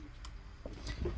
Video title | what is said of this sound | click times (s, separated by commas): Carrera Profi RC - Red Bull BO 105 C - RTF - Hélicoptères RC Red Bull Carrera / Sécurité Civile MHD | tic, dedans, on entend le petit clic. | 0.2 s